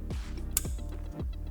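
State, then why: Seated. A cruise control connector on a Honda Fit (GD3) is plugged into its socket in the steering wheel hub wiring during the fit of an aftermarket MOMO Montecarlo steering wheel. A sharp click sounds at 0.6 s over steady background music. Someone talks, and the connector is confirmed seated.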